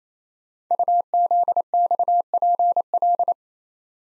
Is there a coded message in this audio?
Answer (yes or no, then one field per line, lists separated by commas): yes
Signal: Morse code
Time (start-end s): 0.7-3.3 s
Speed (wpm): 27 wpm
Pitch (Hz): 700 Hz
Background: none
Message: UZXPL